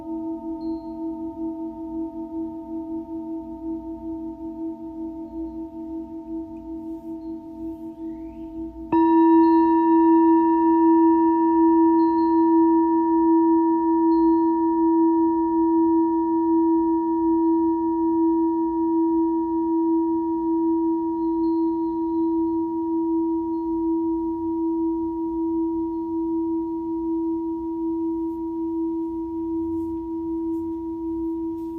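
A singing bowl hums steadily, then a fresh strike near nine seconds brings a brighter, louder ring that slowly fades over a low rumble.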